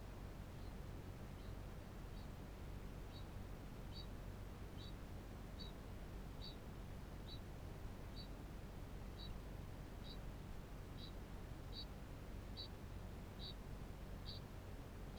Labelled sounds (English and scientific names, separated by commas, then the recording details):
Kākāpō (Strigops habroptilus) ching call
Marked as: faintness 5/5, faintness 4/5, faintness 3/5
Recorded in New Zealand
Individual Barnard